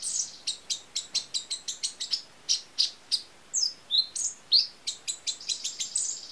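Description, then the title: Small bird delivering a steady series of sharp, very high chirps and clicks with a few slurred notes, over a soft hiss. "Burung Kecil"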